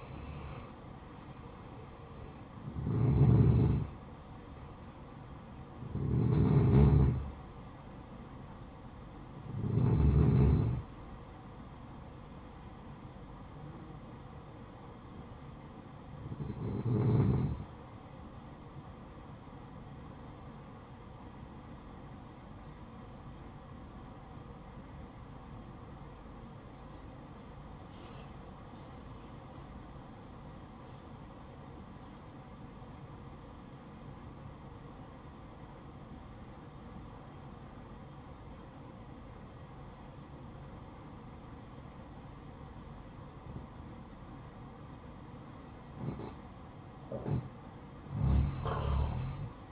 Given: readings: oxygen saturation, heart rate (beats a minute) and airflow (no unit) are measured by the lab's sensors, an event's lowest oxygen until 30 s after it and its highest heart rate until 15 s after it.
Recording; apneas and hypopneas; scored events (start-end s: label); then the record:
breathing in sleep by a smartphone at the bedside; 1
5.00-49.72 s: new sleep stage, N1 (lightest sleep)
25.00-44.50 s: obstructive apnea (N1, oxygen 95% highest, then 88% lowest, heart rate 57 at the start, 70 highest)
From the record:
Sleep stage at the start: N2 (light sleep); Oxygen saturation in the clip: 89 to 95%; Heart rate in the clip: 55 to 68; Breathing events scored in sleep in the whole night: 573 in 9.8 hours asleep